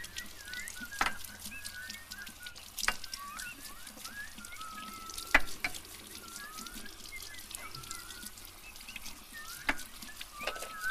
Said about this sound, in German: Okay, ich geh duschen.